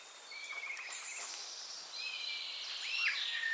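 Common starling producing level and gliding whistles, with a sharp downward-slurred note near the end over a soft background hiss.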